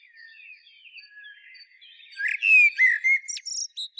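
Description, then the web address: Common blackbird, soft quiet warbling notes building into one louder phrase of clear slurred whistles and brief high squeaks. "SETE Turdus merula"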